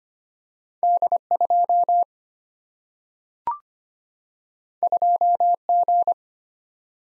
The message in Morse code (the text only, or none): D2 2G